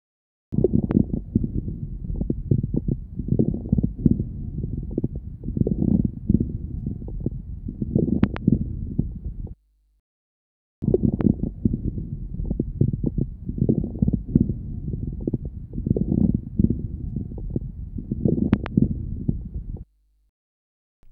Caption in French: Crépitants inspiratoires nombreux qui prédominent en mi-inspiration, mais peuvent occuper la presque totalité de l'inspiration. Crépitants de bronchiectasie.